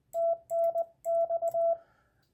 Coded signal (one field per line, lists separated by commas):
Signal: Morse code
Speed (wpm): 21 wpm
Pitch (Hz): 670 Hz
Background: none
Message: TNX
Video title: How i Learned Morse Code (CW) in 1975 with no internet